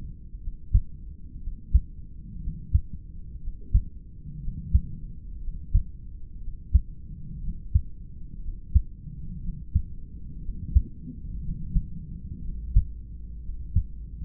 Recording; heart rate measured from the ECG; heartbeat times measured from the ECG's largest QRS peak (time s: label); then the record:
heart sounds by stethoscope; 60 bpm
0.38 s: heartbeat
1.37 s: heartbeat
2.38 s: heartbeat
3.38 s: heartbeat
4.38 s: heartbeat
5.38 s: heartbeat
6.38 s: heartbeat
7.38 s: heartbeat
8.38 s: heartbeat
9.38 s: heartbeat
10.39 s: heartbeat
11.39 s: heartbeat
12.39 s: heartbeat
13.39 s: heartbeat
From the record:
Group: heart failure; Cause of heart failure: idiopathic cardiomyopathy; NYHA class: 2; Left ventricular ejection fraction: 17%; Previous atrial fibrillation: present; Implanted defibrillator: present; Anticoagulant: edoxaban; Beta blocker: bisoprolol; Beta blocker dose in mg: 7.5 twice daily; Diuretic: furosemide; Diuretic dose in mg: 20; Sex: male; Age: 63 years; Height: 160 cm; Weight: 69 kg